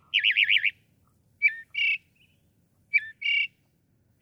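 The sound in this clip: Northern mockingbird song: a fast wavering trill, then a two-part phrase of a short downslur and a buzzy note, given twice.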